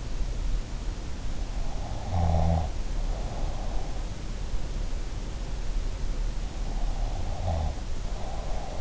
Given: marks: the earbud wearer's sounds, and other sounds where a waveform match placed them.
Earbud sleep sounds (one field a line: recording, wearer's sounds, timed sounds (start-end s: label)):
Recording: sounds in sleep by an in-ear microphone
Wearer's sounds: snoring breath, breath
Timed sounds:
1.90-3.71 s: snoring breath
6.91-8.81 s: breath